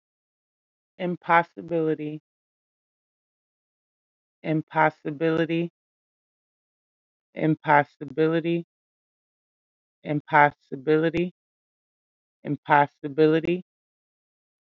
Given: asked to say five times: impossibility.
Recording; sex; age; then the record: repeated word; female; 30 to 39 years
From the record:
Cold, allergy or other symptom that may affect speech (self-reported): no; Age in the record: 36 years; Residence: Michigan, United States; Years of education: 12